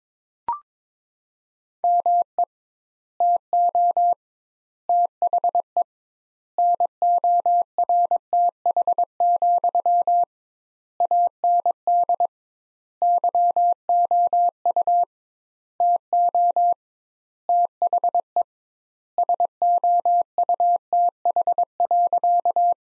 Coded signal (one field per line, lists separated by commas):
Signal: Morse code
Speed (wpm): 22 wpm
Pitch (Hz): 700 Hz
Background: none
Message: ME TO THE NORTH, AND YOU TO THE SOUTH.